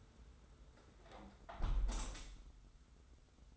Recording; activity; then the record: daily activity, microphone in the room; close window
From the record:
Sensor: 3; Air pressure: 991.2 hPa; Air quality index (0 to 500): 119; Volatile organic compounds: 92 ppm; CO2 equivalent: 3698 ppm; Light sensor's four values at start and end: 48/133/54/47 and 48/133/54/47